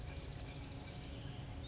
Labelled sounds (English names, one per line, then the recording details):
California Towhee
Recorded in Sonoma County, California